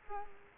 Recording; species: mosquito wingbeat signal from an infrared sensor; Culex quinquefasciatus